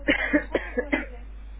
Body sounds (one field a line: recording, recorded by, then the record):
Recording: voluntary cough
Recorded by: telephone call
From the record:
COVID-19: positive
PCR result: checked with the laboratory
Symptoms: yes